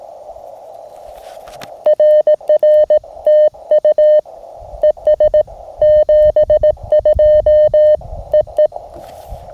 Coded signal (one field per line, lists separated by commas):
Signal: Morse code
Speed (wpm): 18 wpm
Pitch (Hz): 590 Hz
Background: none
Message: RRTU ES 72 EE